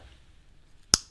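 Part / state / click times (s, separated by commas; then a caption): folding knife blade locking open against its backlock / seated / 0.9 s. A Civivi Rustic Gent folding knife has its blade deployed, and the blade locks open against its steel backlock with one sharp, bright click at 0.9 s after near silence. The lock seats firmly and sounds very snappy.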